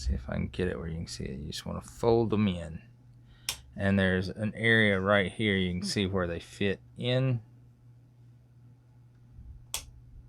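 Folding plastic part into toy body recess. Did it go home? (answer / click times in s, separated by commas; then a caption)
yes / 9.7 s. Someone talks while folding plastic parts into a fitted recess on a toy body. At 9.7 s a short, sharp snap is heard as the folded parts click into place, and they are seated.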